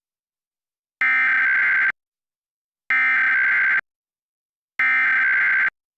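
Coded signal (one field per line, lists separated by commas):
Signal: Emergency Alert System (SAME) tones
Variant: header bursts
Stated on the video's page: National Periodic Test received on an Optimum/Suddenlink Altice One cable box.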